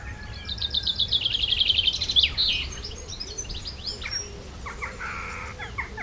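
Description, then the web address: Bird song: an opening burst of a loud, rapid, high trill lasting nearly two seconds, followed by softer chirps and a brief harsh buzzy call. Countryside birds. "Tom Hutchings Birds Country"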